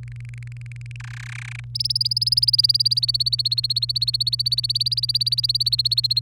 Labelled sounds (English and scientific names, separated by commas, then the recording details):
Domestic Canary (Serinus canaria) song
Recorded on 27 April 2018 at 06:25
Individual llb3